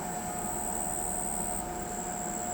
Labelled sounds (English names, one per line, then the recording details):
none
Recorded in pastures near Pivijay, Magdalena, Colombia, on 17 April 2023 at 01:30
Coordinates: 10.456, -74.369
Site P6-G026